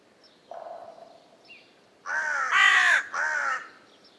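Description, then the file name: Carrion crow calling: a soft, low note first, then three loud hoarse caws in quick succession, the middle one strongest. "Corvus corone"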